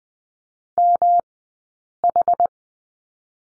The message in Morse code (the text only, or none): MH